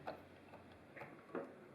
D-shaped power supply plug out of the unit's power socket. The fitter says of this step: wiggle wiggle wiggle and it pops out so again